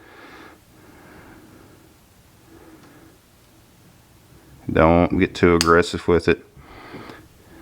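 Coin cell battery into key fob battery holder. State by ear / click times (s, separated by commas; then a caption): not seated / none. A 3V lithium coin cell battery is worked by hand, gently and without force, into its holder in a Toyota key fob, producing faint, quiet handling sounds. Around 4.7 to 6.4 seconds someone talks loudly over it. Nothing has seated or clicked yet.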